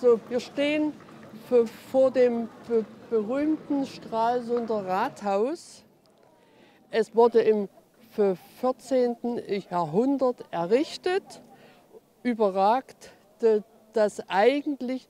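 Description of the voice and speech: A 61-year-old woman who has stuttered since childhood presents Stralsund's town hall in German on a city tour at a stuttering congress, a confrontation therapy exercise. Her speech breaks repeatedly: she stretches initial sounds, as in a drawn-out 'f', repeats a part-word ('be-be-'), and pauses mid-phrase. These disfluencies mark adult stuttering.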